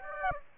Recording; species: mosquito wingbeat signal from an infrared sensor; Aedes aegypti